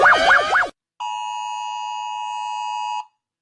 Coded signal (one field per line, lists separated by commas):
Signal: Emergency Alert System (SAME) tones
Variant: 853 and 960 Hz attention tone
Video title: Rating EAS Alarms #1: REVISITED